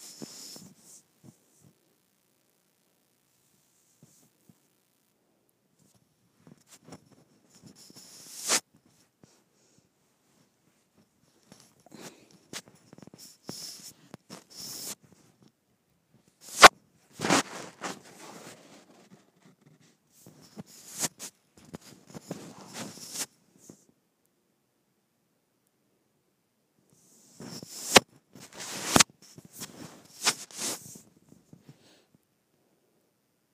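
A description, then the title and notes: A microphone is rubbed against skin in short bursts of dry scraping and brushing, separated by stretches of near silence. Sharp knocks and thumps stand out around 17 and 28–29 seconds, and the busiest rubbing falls near 12–15, 20–23 and 27–31 seconds. ASMR Rubbing Microphone on my Skin.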